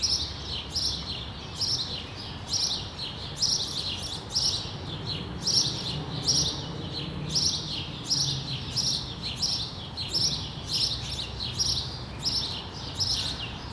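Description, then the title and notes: Sparrow chirping, a steady run of many short bright chirps, over a low background rumble. Several sparrows on a street in Brussels, Belgium, recorded on World Sparrow Day with a microphone and portable recorder. "Rue de l'épargne, Bruxelles, Bruxelles-Capitale, Belgique - World Sparrow Day. Sparrows - moineaux"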